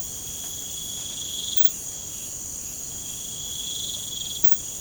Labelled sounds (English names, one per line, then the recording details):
none
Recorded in pastures near Puerto Asís, Putumayo, Colombia, on 23 June 2025 at 01:30
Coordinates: 0.472, -76.331
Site G095